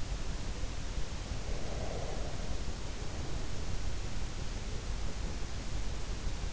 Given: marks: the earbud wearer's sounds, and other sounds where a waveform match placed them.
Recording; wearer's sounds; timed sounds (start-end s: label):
sounds in sleep by an in-ear microphone; breath
1.30-3.53 s: breath